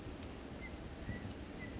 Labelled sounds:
California Quail (Callipepla californica)
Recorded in Sonoma County, California

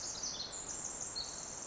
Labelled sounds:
Pacific Wren (Troglodytes pacificus)
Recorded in Sonoma County, California

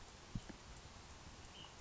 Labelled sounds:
Ash-throated Flycatcher (Myiarchus cinerascens)
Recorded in Sonoma County, California

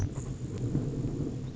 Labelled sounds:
Grasshopper Sparrow (Ammodramus savannarum)
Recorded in Sonoma County, California

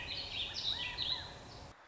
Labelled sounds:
Warbling Vireo (Vireo gilvus)
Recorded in Sonoma County, California

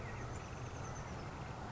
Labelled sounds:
Oak Titmouse (Baeolophus inornatus)
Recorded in Sonoma County, California

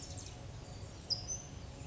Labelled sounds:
California Towhee (Melozone crissalis)
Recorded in Sonoma County, California

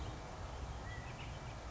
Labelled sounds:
California Quail (Callipepla californica)
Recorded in Sonoma County, California

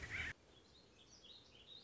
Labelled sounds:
Warbling Vireo (Vireo gilvus)
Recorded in Sonoma County, California

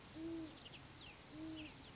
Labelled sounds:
Great Horned Owl (Bubo virginianus)
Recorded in Sonoma County, California

